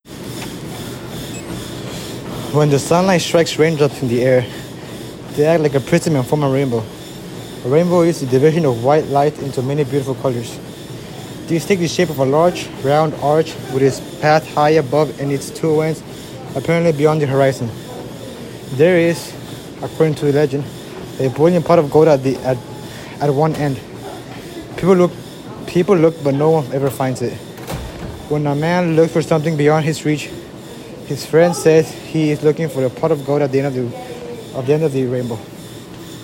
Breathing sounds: reading aloud after running; male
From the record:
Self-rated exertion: moderate exertion (3 of 6); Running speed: 8 miles an hour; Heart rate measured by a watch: 157 beats a minute at the start, 147 at the end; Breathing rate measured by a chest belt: 33 breaths a minute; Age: 18 years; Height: 179 cm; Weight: 72 kg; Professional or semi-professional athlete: no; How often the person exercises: 3 to 5 times a week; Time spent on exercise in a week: 3 to 4 hours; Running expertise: yes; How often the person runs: under once a week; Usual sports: weight training, basketball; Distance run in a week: 1 km

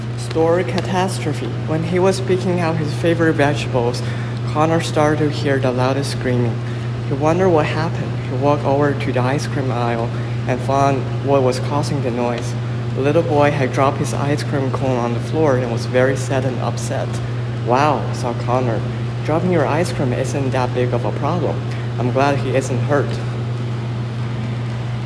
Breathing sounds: reading aloud after running; male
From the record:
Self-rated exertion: vigorous exertion (4 of 6); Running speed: 9 miles an hour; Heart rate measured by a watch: 131 beats a minute at the start, 110 at the end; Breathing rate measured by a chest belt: 27 breaths a minute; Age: 24 years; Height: 175 cm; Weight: 56 kg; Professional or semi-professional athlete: no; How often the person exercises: over 5 times a week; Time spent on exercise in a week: over 5 hours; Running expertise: yes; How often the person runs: over 5 times a week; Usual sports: running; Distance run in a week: 60 km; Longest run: 43 km

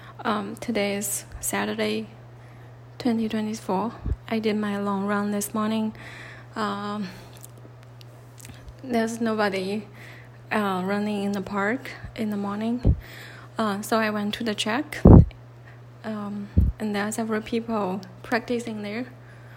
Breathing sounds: free speech after running; female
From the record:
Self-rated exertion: light exertion (2 of 6); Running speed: 6 miles an hour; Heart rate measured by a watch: 96 beats a minute at the start, 95 at the end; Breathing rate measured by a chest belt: 12 breaths a minute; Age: 30 years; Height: 160 cm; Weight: 51 kg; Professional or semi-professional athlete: no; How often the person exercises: 3 to 5 times a week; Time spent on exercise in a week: over 5 hours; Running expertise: no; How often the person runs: 3 to 5 times a week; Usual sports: running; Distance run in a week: 60 km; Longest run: 42 km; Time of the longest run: 267 minutes

